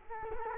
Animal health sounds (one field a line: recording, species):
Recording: mosquito wingbeat signal from an infrared sensor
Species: Culex quinquefasciatus